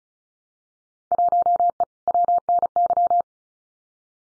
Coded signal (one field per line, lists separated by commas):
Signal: Morse code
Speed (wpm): 36 wpm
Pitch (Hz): 700 Hz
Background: none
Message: 1E WNY